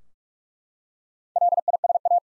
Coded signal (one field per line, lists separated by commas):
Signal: Morse code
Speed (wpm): 41 wpm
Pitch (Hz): 700 Hz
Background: none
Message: LISA